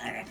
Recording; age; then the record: pig call; piglet (1 to 25 days)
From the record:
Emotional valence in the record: negative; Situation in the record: castration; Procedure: castration, fixation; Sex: male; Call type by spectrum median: low-frequency call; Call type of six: low-frequency tonal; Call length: 0.30 s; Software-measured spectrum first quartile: 566 Hz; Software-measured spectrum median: 1360 Hz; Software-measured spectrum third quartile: 2241 Hz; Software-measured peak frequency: 227 Hz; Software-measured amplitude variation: 120 dB a second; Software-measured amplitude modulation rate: 14.8 a second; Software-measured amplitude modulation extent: 8.1 dB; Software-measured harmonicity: -0.7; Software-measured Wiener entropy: -0.99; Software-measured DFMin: 814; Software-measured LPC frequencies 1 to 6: 719, 1923, 2348, 2910, 4045, 5425 Hz